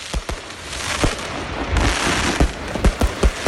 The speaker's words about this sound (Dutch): hebben vannacht de voetballers van Real Madrid wakker gehouden door zwaar vuurwerk af te steken bij het Amsterdamse hotel waar de spelers logeren. Rond 2:30 zijn zeker 20 vuurwerkbommen en vuurpijlen tot ontploffing gebracht bij het Okura Hotel.